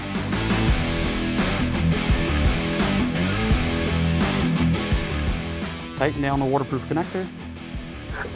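On the passenger side of a Jeep Gladiator, after the waterproof daytime running light connector is tightened, the plastic plug on an ORACLE Oculus headlight's wiring is handled on its way into the factory harness connector. Music plays throughout while someone talks. Nothing has seated or clicked yet.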